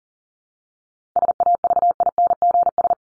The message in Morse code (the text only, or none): SAVINGS